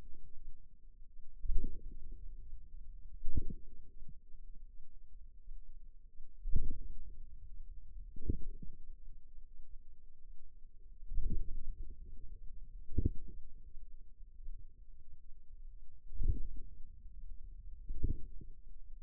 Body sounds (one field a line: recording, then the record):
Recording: forearm muscle sounds (acoustic myography)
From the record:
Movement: inward rotation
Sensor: system 2, bracelet of six BSWA MPA416 microphones around the upper forearm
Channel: 1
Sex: female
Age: 23 years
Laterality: right